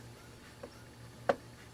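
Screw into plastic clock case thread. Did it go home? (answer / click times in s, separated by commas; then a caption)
yes / 1.3 s. A screw going back into the plastic case of an ATOMIX atomic wall clock is turned backwards until its thread drops into the existing thread, so it can then be screwed in without cutting a new one. A faint tick comes at 0.6 s over a low steady hum, then a sharp, bright click at 1.3 s as the thread seats.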